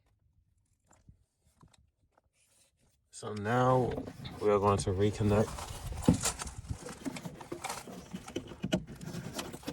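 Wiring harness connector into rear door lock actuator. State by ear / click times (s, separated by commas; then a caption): seated / 8.7 s. A wiring harness connector is pushed back onto the new rear door lock actuator of a 7th-generation Maxima while someone talks. Faint handling noises are followed by small plastic knocks and rustling. The connector clicks into place at 8.7 s and is seated.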